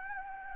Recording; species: mosquito wingbeat signal from an infrared sensor; Anopheles gambiae